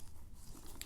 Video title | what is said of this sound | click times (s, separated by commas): My Pandemic Panic Purchase: Airhead Mask Review | and you do have a positive click when the hinge is fully closed so that's good | 0.8 s